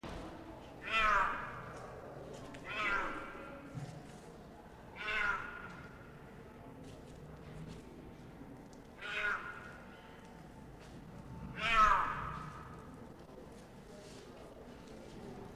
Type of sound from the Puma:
call